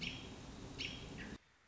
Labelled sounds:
American Robin (Turdus migratorius)
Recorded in Sonoma County, California

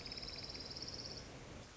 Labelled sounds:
Orange-crowned Warbler (Leiothlypis celata)
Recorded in Sonoma County, California

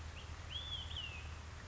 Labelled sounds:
Olive-sided Flycatcher (Contopus cooperi)
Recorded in Sonoma County, California

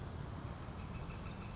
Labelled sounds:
Northern Flicker (Colaptes auratus)
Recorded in Sonoma County, California

